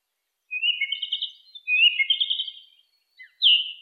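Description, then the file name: Song thrush song with two similar warbled, trilling phrases in a row, followed by a short sharp note and a loud high whistle. "suara-kicauan-burung-song-thrush -omkicau"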